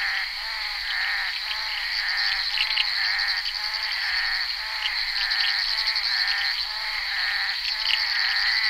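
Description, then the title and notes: Bullfrogs croaking in a dense chorus of overlapping pulsed notes, backed by a continuous high-pitched drone. Recorded on the set of the film Bal poussière by Henri Duparc, February 1988. "crapaux buffle. enregistré sur le tournage Bal poussière dhenri duparc en février 1988"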